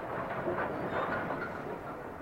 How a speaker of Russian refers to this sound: Внезапно паровоз остановился перед наваленными на рельсы огромными стволами сосен.